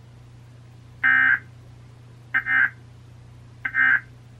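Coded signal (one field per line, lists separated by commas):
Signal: Emergency Alert System (SAME) tones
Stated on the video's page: Monthly and weekly tests received on NOAA weather radios and a broadcast station.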